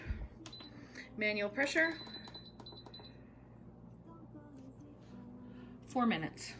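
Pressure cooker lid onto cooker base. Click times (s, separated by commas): 0.5 s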